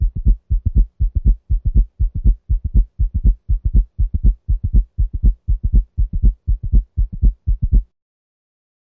Listen to S4 at the left apex using the bell of the stethoscope. The cadence of the sounds is 4, 1, 2. 120 beats per minute.